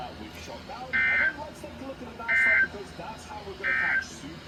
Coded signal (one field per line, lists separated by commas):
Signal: Emergency Alert System (SAME) tones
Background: speech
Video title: ILN Had An Outburst… (EAS 203-252)